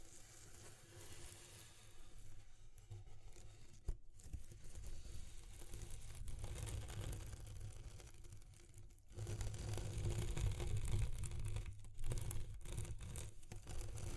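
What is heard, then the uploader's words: Textured scraping and rustling runs through the whole clip, with a heavy low rumble underneath and a steady faint hum. Brief dropouts near 4 and 9 seconds break the sound, and after 9 seconds it grows louder and rougher, with tearing, crinkling bursts. ASMR Exploring Textures (No Talking).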